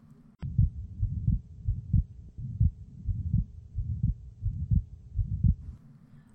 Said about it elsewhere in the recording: This one you hear at the upper left sternal border. The patient has normal pulses. That was an atrial septal defect, an ASD. Notice the fixed split S2. Acyanotic Heart Disease.